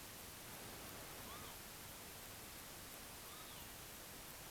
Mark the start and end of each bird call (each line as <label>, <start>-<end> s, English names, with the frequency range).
Northern Lapwing (0.7-4.1 kHz), 1.27-1.54 s
Northern Lapwing (0.9-4.0 kHz), 3.27-3.67 s